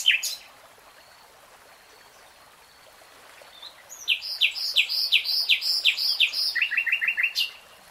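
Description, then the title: Nightingale singing: one brief note, a quiet pause, then a fast series of repeated slurred notes dropping into a quicker, lower rattle-like run. "[Tiếng chim hót] 3 Hours REALTIME Nightingale Singing"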